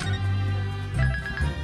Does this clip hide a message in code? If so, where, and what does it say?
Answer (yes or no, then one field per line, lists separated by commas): no